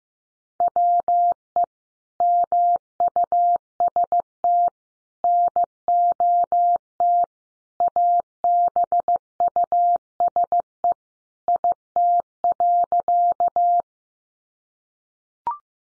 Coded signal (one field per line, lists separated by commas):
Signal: Morse code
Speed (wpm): 15 wpm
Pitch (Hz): 700 Hz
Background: none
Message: WE MUST NOT ABUSE IT.